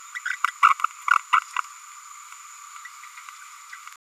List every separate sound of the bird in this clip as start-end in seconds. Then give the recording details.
0.14-0.20, 0.25-0.36, 0.47-0.51, 0.62-0.74, 1.32-1.40. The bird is a male. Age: 28 days. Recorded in a nest box in Venezuela. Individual 17B102A4